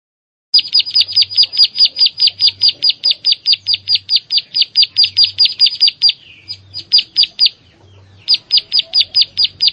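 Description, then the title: Prinia giving a quick, rhythmic string of high chirps, broken by two brief pauses and resuming each time at the same pace. "Ciblek Sawah"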